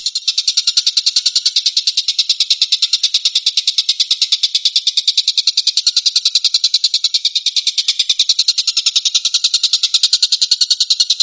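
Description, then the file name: Stork-billed kingfisher calling in a long, rapid series of harsh, high-pitched pulses, steady and continuous for over ten seconds, with a faint lower tone beneath. Tembakan, a rapid 'shooting' call. "suara tembakan tengkek buto"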